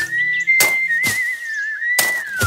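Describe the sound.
A man whistles while working one evening, gathering peat bricks at the edge of a marsh: a long, steady tune that wavers slightly and dips at the end, while three loud, sharp thuds of work, like chopping or digging, break in at irregular intervals.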